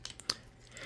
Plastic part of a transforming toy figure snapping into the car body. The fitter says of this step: And then you're going to kind of have it snap. You're going to hear that. And then you're just going to connect that.